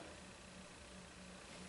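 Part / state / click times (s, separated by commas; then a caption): hat frame driver side clips onto embroidery machine carriage / not seated / none. The small side clips on the hat frame driver of a Brother Persona PRS 100 embroidery machine, one on each side, are grabbed and lined up before being pushed onto the machine's carriage. Only a steady broadband hiss with a faint low hum is heard. Nothing has clicked or popped into place yet.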